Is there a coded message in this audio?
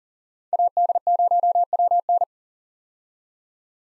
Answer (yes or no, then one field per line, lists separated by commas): yes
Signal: Morse code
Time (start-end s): 0.5-2.2 s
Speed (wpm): 37 wpm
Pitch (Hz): 700 Hz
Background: none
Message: AD0WN